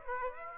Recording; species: mosquito wingbeat signal from an infrared sensor; Aedes aegypti